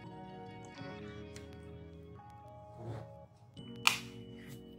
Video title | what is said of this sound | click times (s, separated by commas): HOW TO REPLACE HINGE COVER on Lenovo V130 laptop | always double check you'll hear some more clicks | 3.9 s